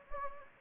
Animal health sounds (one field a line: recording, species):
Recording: mosquito wingbeat signal from an infrared sensor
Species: Anopheles gambiae